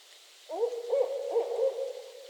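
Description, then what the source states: Barred owl giving a rapid string of rolling, slurred hoots over a faint steady background hiss. Owls calling during mating season in northern Michigan.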